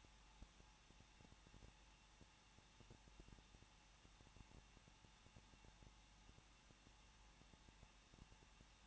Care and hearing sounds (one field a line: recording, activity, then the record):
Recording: daily activity, microphone in the room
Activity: no activity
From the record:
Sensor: 1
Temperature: 20.1 degrees Celsius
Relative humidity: 39.0%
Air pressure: 1006.5 hPa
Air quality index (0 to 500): 216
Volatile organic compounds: 71 ppm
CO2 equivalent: 3532 ppm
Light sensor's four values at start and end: 1/2/1/1 and 1/2/1/1